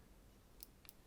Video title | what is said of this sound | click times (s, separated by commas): Review of the Innovv H5 4K Helmet Camera | then with your fingernail, push it in until it clicks. | 0.6 s